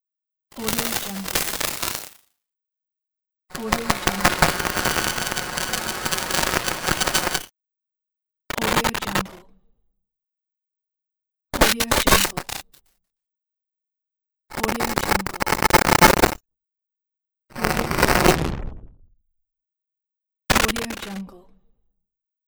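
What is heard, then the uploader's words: Abstract digital glitch bursts, seven choppy buzzing segments of varying length separated by dead silence, each cutting off abruptly, bright and crackling. Digital Glitch (Watermarked). A pack of several abstract digital glitch sound effects.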